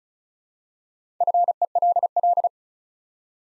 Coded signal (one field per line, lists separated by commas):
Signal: Morse code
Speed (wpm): 36 wpm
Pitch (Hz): 700 Hz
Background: none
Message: FELL